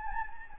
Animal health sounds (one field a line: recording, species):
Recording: mosquito wingbeat signal from an infrared sensor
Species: Anopheles gambiae